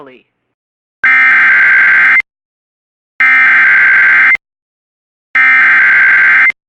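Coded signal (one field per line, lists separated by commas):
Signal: Emergency Alert System (SAME) tones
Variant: header bursts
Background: speech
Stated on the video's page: Valid EAS tones for severe thunderstorm warnings, taken from a satellite LF emulator and weather streams.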